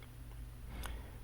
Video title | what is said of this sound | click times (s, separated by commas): Déballage et test de la DJI Osmo Action | premier clic et le deuxième clic | 0.0 s, 0.9 s